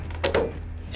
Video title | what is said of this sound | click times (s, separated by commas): WWE FIGURE INSIDER: Figure Defender Protective Cases For 2016 Mattel Elite WWE Wresting Figures! | and it clicks right in | 0.4 s